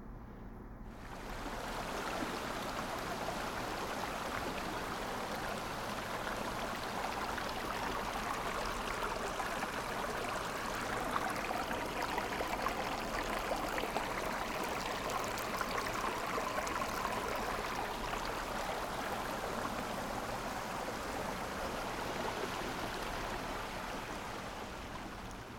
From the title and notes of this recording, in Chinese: 本集聲音來自 台灣聲音地圖 , 汐止八連溪谷附近。